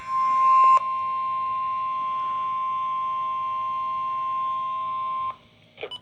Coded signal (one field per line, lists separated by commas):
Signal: Emergency Alert System (SAME) tones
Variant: 1050 Hz attention tone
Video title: EAS RWT NOAA WEATHER RADIO